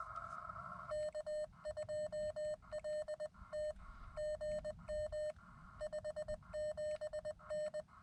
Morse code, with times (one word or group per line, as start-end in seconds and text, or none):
0.9-3.7 K2LT
4.2-5.3 GM
5.8-7.8 57N